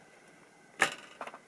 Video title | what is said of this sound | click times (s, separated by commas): Building a PC - i7-4770k / 1080 ti | okay all just solid little click there kind of put | 0.8 s